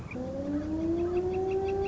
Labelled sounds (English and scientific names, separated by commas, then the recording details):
Northern Flicker (Colaptes auratus)
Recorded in Sonoma County, California